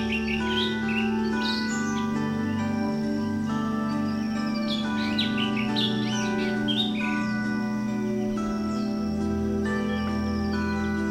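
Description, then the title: Bird twittering in many quick, jumpy chirps through much, mixed with a dense background of humming tones. "SuaraBurung Kicau"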